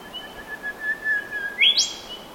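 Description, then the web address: Bird call: a long, thin, mostly level whistle, then an abrupt sharp upward sweep into a higher whistled note near the end. Species unidentified. "Sound Effects-Foundation 1 BIRD UNKNOWN WARBURTON CALL"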